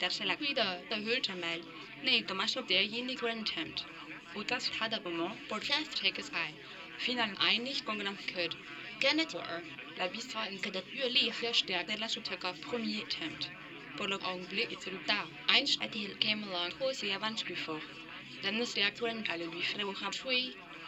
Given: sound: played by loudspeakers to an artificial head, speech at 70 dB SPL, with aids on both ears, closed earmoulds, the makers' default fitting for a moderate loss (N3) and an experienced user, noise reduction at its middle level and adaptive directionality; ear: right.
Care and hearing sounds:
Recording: speech test signal (ISTS) in cocktail-party noise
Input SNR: +6 dB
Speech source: on the right (90 degrees)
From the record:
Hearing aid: class 1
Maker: D

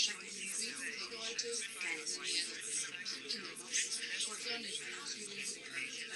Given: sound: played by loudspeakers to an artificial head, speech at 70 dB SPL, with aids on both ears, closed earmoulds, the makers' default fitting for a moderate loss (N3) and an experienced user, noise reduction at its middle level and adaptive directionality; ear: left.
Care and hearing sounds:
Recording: speech test signal (ISTS) in cocktail-party noise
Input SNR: -3 dB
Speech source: on the right (90 degrees)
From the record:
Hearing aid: class 1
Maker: H

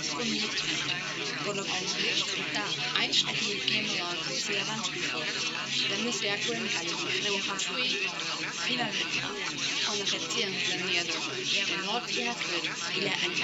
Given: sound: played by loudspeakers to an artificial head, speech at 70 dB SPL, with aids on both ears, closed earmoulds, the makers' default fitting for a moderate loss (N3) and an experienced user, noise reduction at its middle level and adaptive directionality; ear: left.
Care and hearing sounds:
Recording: speech test signal (ISTS) in cocktail-party noise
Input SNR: -3 dB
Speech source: in front (0 degrees)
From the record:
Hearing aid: class 1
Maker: A

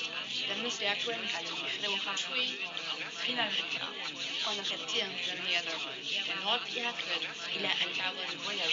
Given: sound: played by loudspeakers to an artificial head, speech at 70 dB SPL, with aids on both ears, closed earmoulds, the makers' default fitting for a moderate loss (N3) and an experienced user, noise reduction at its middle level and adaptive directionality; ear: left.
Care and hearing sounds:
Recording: speech test signal (ISTS) in cocktail-party noise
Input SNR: 0 dB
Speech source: in front (0 degrees)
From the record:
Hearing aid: class 1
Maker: G

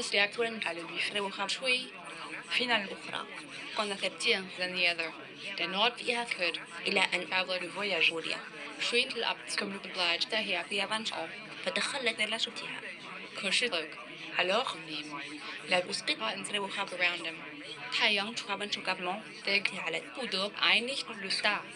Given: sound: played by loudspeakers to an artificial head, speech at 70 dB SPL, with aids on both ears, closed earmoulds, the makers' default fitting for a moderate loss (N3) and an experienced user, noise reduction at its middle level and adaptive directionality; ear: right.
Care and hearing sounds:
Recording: speech test signal (ISTS) in cocktail-party noise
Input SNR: +3 dB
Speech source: on the right (90 degrees)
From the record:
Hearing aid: class 2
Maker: I

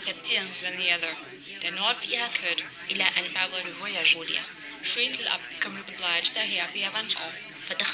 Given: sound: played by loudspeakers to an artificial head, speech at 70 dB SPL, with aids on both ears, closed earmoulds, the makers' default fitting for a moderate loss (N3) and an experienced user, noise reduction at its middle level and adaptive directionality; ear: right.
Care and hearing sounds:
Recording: speech test signal (ISTS) in cocktail-party noise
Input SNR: 0 dB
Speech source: in front (0 degrees)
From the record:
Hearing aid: class 1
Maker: B

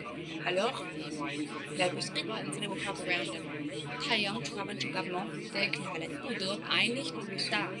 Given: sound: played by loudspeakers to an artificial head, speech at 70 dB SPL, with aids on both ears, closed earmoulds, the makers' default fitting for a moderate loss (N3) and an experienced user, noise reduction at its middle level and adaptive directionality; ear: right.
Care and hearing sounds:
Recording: speech test signal (ISTS) in cocktail-party noise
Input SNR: -6 dB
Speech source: on the right (90 degrees)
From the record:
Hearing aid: class 2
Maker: C

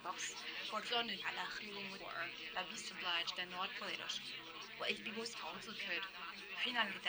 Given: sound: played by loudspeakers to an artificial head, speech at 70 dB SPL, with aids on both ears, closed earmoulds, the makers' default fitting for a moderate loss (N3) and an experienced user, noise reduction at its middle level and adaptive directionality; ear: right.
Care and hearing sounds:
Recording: speech test signal (ISTS) in cocktail-party noise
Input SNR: 0 dB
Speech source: on the right (90 degrees)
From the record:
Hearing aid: class 2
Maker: F

